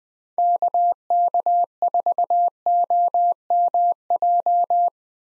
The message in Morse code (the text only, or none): KK4OMJ